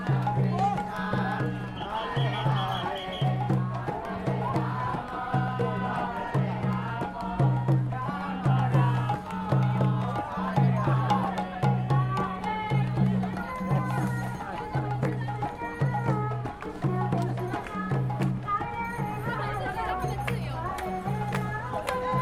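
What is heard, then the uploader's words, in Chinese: A street parade for an Indian chariot festival, with a steady, regular beat pulsing low and loud throughout. Many voices chant and sing over it in a dense, continuous blend, with crowd chatter mixed in, in an outdoor urban street. 全城的人都跳舞起來了_台北西門町印度壇車節踩街活動。地點在台北西門町街區。我錄製了一小段當時在街邊,實際參與活動。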